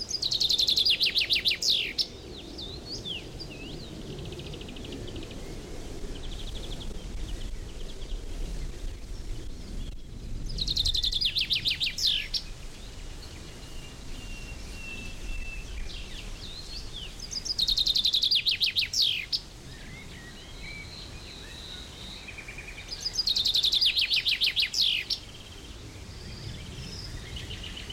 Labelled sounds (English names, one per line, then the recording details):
Common Chaffinch
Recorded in the wild
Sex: male
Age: adult
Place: Blankenfelde, Tegeler Fließ, Berlin, DE
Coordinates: 52.645, 13.395
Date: 1992-05-30 11:05
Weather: sonnig, 19-23°C, böiger Wind
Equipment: Marantz CP 430, Sennheiser ME 80, K 30 AV, Kopie Tesla B 116
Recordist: Tembrock, Günter